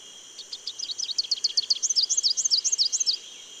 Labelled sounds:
Rufous-capped Warbler (Basileuterus rufifrons) song
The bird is a male
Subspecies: salvini
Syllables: 32
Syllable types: 8
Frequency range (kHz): 2.7-7.4 kHz
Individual VN-R07-M

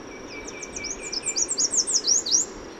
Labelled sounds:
Chestnut-capped Warbler (Basileuterus delattrii) song
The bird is a male
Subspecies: delattrii
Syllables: 15
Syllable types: 8
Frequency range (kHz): 3.8-8.8 kHz
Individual MA-WSO-M

